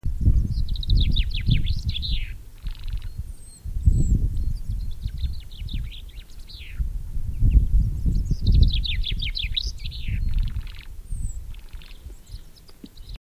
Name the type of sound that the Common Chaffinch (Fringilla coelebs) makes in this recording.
song